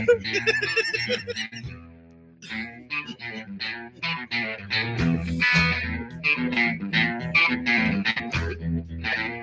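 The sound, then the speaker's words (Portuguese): A goose honks over and over in loud, harsh, distorted bursts, a raucous run of nasal calls lasting several seconds with brief gaps between them and no talking. “Aí, gente, o ganso apareceu.”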